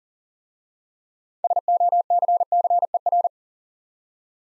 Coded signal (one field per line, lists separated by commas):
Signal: Morse code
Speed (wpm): 38 wpm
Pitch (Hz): 700 Hz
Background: none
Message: SOCCER